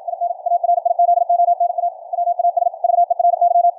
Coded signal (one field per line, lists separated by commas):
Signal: Morse code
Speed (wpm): 57 wpm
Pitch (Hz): 700 Hz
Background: radio noise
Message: IN ARIZONA WAS VERY